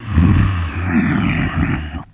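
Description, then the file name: Doberman snoring: one long, low, rattling rumble that lasts about two seconds before stopping abruptly. Pet Doberman, snoring. "Pet Doberman Snore"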